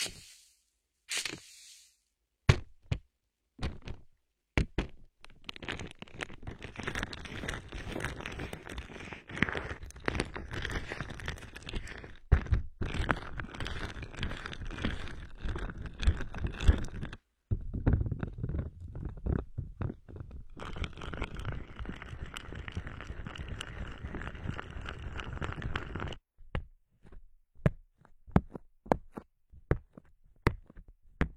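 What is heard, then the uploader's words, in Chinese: Lotion massage: wet, sticky squelching and slick rubbing run almost continuously from about 5 to 26 seconds, with a short pause near 17 seconds. Sparse taps and small sticky clicks come before and after, over a quiet background. 乳液按摩！黏黏的…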